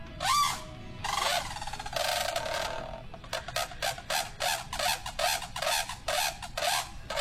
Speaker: That is a brolga trumpeting.